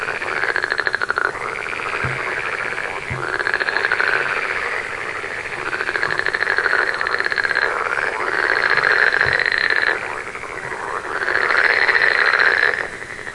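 Frogs croaking in a dense chorus of pulsed, rasping notes, coming in bursts separated by short gaps.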